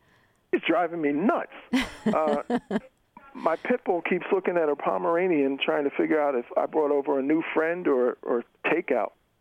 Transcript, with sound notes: It's driving me nuts.
(Laughter).
My pitbull keeps looking at her Pomeranian trying to figure out if I brought over a new friend or takeout.